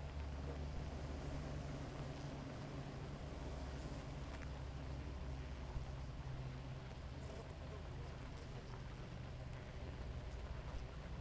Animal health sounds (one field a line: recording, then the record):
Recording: honeybee colony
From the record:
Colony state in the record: active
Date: 28 July 2017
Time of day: 4:33